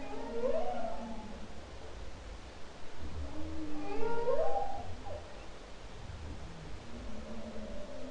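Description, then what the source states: Humpback whale song: moaning tonal units sweeping up and down between low and mid pitch, with rising whoops near the middle, over constant low ocean rumble. Song, October 2012.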